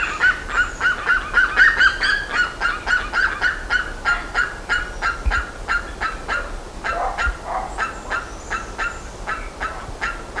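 Bird calls: quick, regular series of short notes, strongest early on, fading a little later, with a lower, rougher note near seven seconds.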